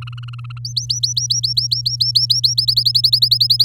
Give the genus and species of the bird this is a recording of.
Serinus canaria